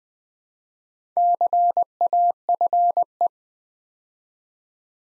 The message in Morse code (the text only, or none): CAFE